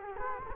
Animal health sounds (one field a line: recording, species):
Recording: mosquito wingbeat signal from an infrared sensor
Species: Culex quinquefasciatus